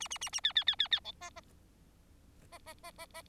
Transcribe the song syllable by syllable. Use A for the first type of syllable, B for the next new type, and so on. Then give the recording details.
A A A A B B B B B C D D D D D D D. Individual Bird4